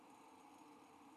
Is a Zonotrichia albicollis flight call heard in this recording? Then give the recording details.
no. No flight call is heard. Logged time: 08:53 on 5 December 2014